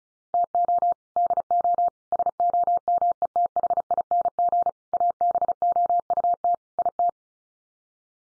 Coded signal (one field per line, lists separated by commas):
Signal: Morse code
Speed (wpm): 34 wpm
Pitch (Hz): 700 Hz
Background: none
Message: TO DO SOMETHING ABOUT IT